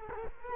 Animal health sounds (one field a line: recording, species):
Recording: mosquito wingbeat signal from an infrared sensor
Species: Culex quinquefasciatus